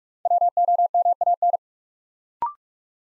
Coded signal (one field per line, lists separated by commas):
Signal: Morse code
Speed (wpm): 44 wpm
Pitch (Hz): 700 Hz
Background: none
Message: WOMAN